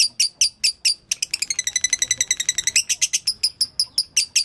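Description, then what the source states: Lovebird chattering song, rapid high chirps repeated several times a second with a fast buzzy rattling trill in the middle. Used as a masteran (tutor recording) to make lovebirds sing konslet.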